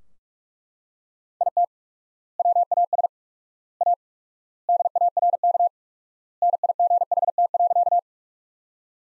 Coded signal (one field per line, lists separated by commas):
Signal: Morse code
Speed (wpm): 41 wpm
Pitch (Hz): 700 Hz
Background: none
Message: IT WAS A DARK NIGHT.